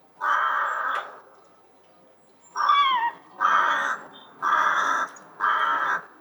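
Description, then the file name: Rook cawing: one long grating caw, a quiet gap, then four hoarse caws about one second apart, the first with a slurred, wavering start. "grach golos"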